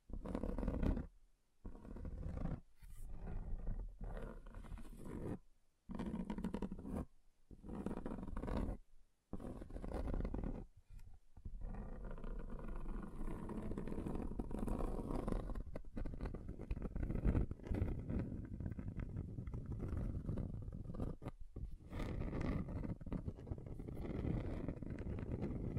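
Scratching across a table's surface, rough and grinding, with a low rumbling texture. The first ten seconds come in short strokes separated by brief silences; after about eleven seconds the scratching runs nearly continuously, dense and steady with small swells.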